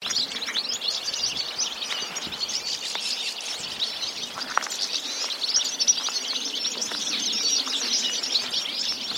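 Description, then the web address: Birds calling, a dense steady chorus of high, thin chirps and twitters overlapping without pause. "Deverinetal"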